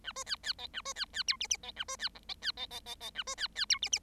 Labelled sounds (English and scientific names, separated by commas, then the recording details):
Bengalese Finch (Lonchura striata domestica) song
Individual Bird7